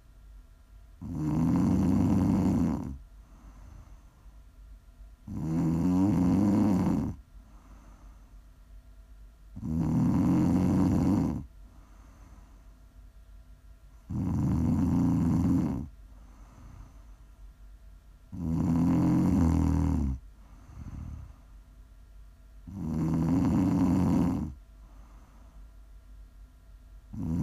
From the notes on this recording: prime ASMR snoring